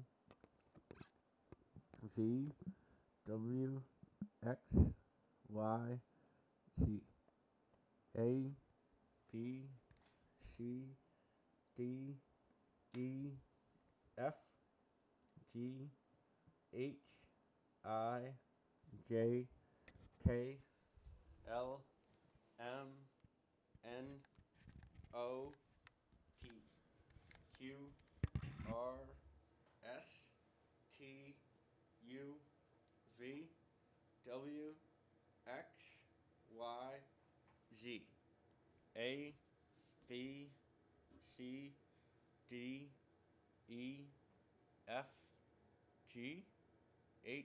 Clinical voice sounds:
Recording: letters of the alphabet, spoken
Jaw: constrained by a bite bar between the teeth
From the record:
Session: first day, right after the free take

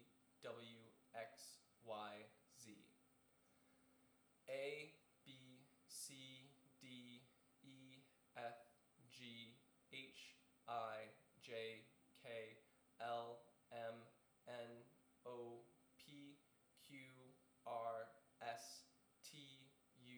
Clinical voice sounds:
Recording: letters of the alphabet, spoken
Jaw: free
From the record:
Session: seven days later

